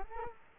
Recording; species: mosquito wingbeat signal from an infrared sensor; Culex quinquefasciatus